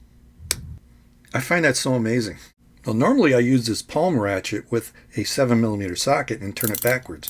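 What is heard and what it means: A 3D-printed torque-limiting tool tightens a nozzle into a Microswiss Flowtech hotend on a Bambu Lab X1C for the third time, giving a single sharp click at 0.5 s as it slips to prevent over-tightening. The click confirms the nozzle has reached its torque limit, and then someone talks.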